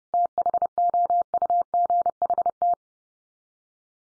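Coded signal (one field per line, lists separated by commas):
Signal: Morse code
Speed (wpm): 30 wpm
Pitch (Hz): 700 Hz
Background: none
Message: THOUGHT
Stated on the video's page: Morse drill of the 500 most common English words at 30 wpm, each word sent three times, spoken, then sent again, for head-copy practice.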